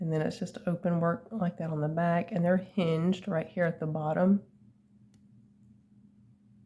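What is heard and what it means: Someone talks, then after a pause a single faint, sharp click at 5.1 s as the hinged lever back of a metal earring swings shut and catches on a notch in the post. The back snaps into place and closes securely.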